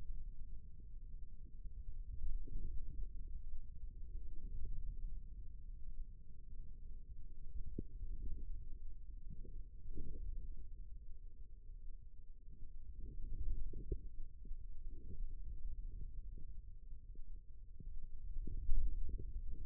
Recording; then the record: forearm muscle sounds (acoustic myography)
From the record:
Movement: radial deviation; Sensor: system 2, bracelet of six BSWA MPA416 microphones around the upper forearm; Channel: 4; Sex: female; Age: 25 years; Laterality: right